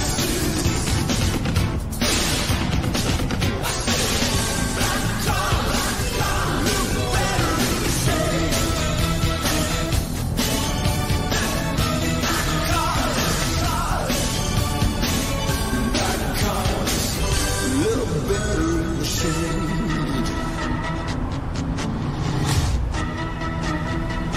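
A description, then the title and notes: A vehicle's steady low rumble runs through the whole recording, with a radio crackling over it. Frequent sharp clicks and pops scatter across the texture, and faint voice-like tones drift in and out. The loudness stays level and dense throughout. An 80s Summer Drive.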